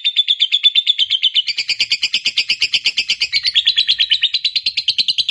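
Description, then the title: Lovebird pouring out a continuous shrill, buzzy chatter of rapid pulses, with no pauses and no other sounds. Lovebird said to be lazy to sing, becoming eager and singing spontaneously, immediately 'narik' (long continuous song). "LOVEBIRD Malas Bunyi JADI GREGET SPONTAN Langsung NARIK"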